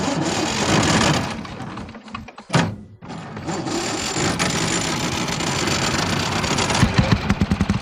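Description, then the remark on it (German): The engine of Director Meininger's car runs with a steady, rattling mechanical drone, cuts out briefly, then catches again and settles into an idle that grows into a quicker rhythmic chugging near the end. No voices. “Herr Direktor Meininger, ich ersuche Sie höflichst, den Motor abzustellen und mich auf einen Spaziergang zu begleiten. Ihr Wagen ist vorläufig konfisziert.”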